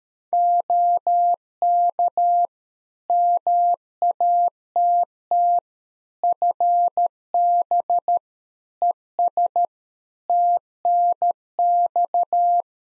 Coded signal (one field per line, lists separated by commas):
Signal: Morse code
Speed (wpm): 13 wpm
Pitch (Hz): 700 Hz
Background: none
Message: OK MATT FB ES TNX